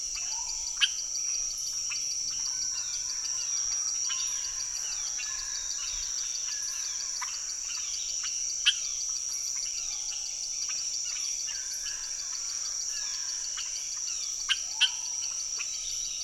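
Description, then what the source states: Amphibian calls: repeated short clicking notes, irregular, beneath a constant high-pitched insect drone. Unidentified amphibians calling from the ground as rain approaches, hundreds or thousands of them; Chemin des grands arbres, Saül, French Guiana, 16 November 2006; Nagra Ares BB+ with cardioid MKH40 microphones.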